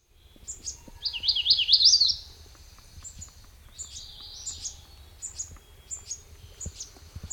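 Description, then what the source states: MacGillivray's warbler delivers a strong zigzagging warbled phrase early on, then a softer phrase follows, with thin high chips repeating in the background. Recorded 9 June 2002; six songs.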